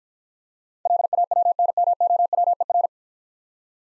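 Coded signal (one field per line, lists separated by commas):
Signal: Morse code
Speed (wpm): 50 wpm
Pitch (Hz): 700 Hz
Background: none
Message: LAWNMOWER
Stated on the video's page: Morse practice set of easy words sent at 40 wpm with contextual hints.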